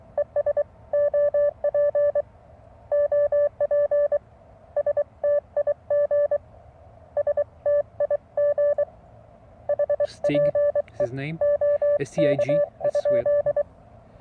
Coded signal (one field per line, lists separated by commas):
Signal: Morse code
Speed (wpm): 23 wpm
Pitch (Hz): 580 Hz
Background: speech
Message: ES OP OP STIG STIG HPE OK?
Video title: A Simple Short Vertical HF Antenna.